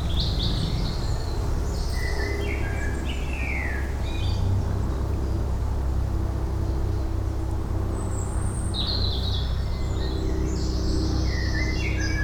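Birds twitter in short high chirps and slurred phrases throughout, with a steady loud low rumbling noise underneath.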